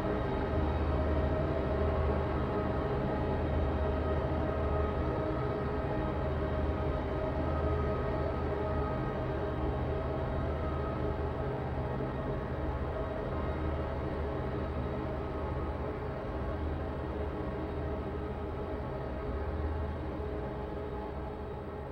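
A dense, steady polyphonic drone holds low, layered tones throughout, with a faint rumbling pulse in the bass and little change over time.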